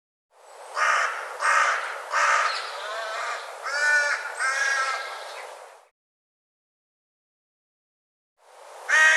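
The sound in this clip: Bird calls in a series of rough, cawing notes, several strung together, then a pause before another call begins at the end.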